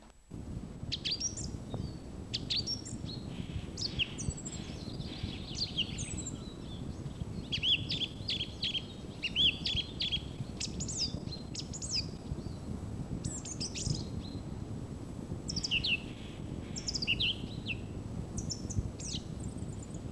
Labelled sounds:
Song Thrush song

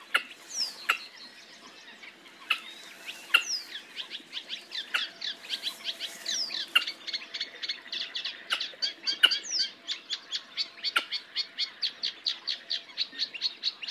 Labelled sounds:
Red-necked Grebe call

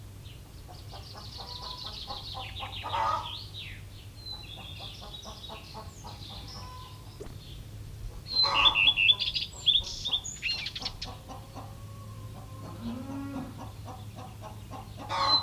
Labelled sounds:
Common Chaffinch

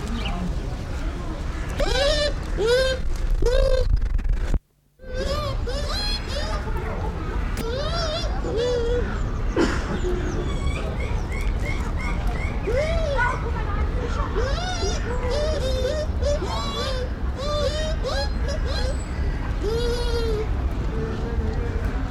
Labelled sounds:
Bush Dog

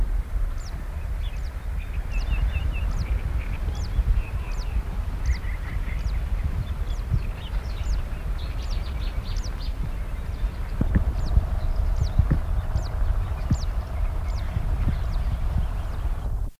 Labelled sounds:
Zitting Cisticola call

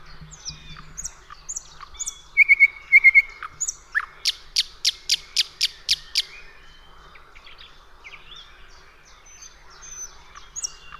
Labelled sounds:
Thrush Nightingale song

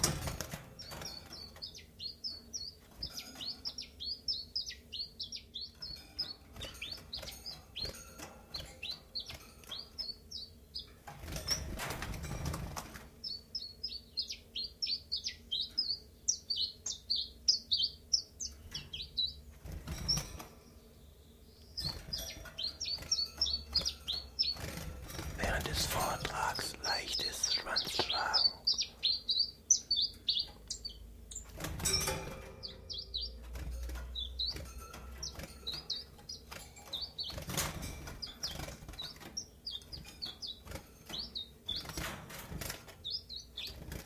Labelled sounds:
Common Chiffchaff

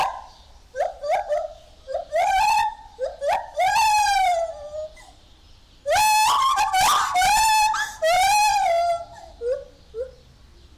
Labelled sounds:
Lar Gibbon

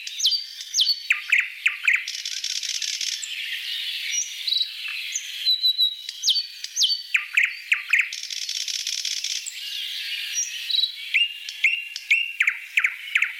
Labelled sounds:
Thrush Nightingale song

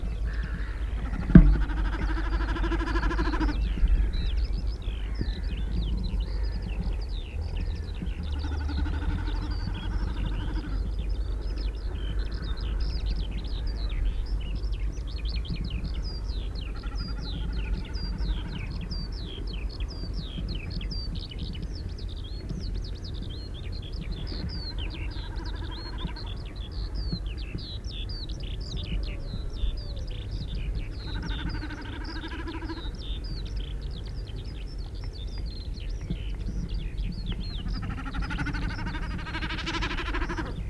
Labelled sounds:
Common Snipe call

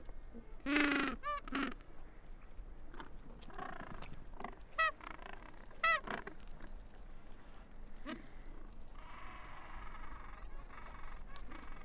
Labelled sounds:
Gentoo Penguin call

